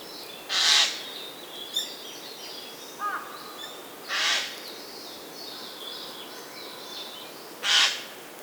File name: Garrulus glandarius